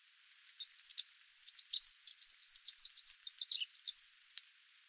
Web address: troglodytes troglodytes call